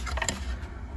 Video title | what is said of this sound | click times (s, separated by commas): Clean or Replace Throttle Body Dodge Grand Caravan 2005 2020 | Okay, we'll just slide that on. Hear that click. | 0.3 s